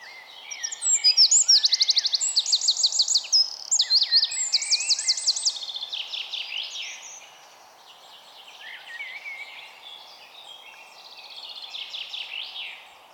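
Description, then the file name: Eurasian wren pouring out a rapid, shrill song of machine-gun trills and sharp chattering notes, fading to quieter twittering phrases midway and rising again near the close. "Troglodytes troglodytes"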